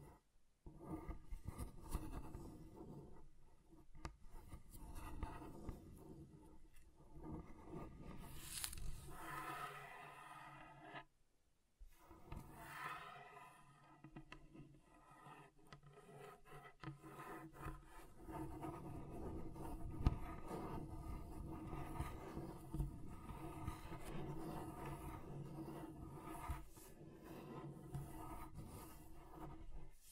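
Scratching across a table, with dense, gritty rasping strokes that run almost continuously. The sound drops out abruptly near the eleven-second mark, then returns with a steadier, rougher texture that grows slightly louder toward the end.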